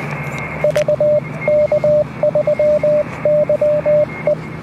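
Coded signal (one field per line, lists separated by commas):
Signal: Morse code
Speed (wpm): 20 wpm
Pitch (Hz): 590 Hz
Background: radio noise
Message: VK3YE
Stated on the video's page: Beach portable station using 7 metres of wire held up with a squid pole.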